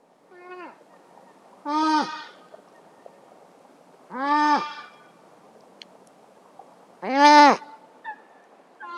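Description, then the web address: Coypu contact calls: three loud, arched, bleating cries a few seconds apart, with a few quieter short calls around them. Contact calls of coypu from a wetland area. "Sissonne. Ragondin"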